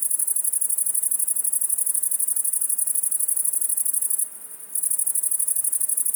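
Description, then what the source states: Great Green Bush-cricket song, a very high, fast, jerky stridulation of rapid pulses, with one brief break. Individual about 1 m from microphones in Virginia creeper on south-facing wall; first of year; Fourcinet, Drôme, France, 700 m, 9 July 2018, late afternoon, 20.4 °C; very fast jerky rhythm after sun warming.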